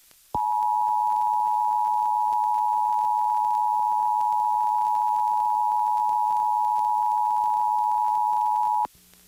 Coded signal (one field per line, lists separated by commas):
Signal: Emergency Alert System (SAME) tones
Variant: 853 and 960 Hz attention tone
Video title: Pennsylvania Required Monthly Tests (12/15/22)(EAS 1311-1321)